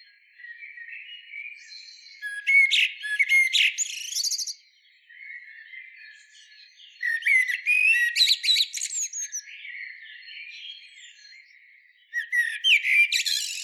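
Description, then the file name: Common blackbird singing in phrases about every five seconds, each a short warble ending in a burst of high, squeaky twittering notes, with quieter warbling between phrases. "Turdus merula"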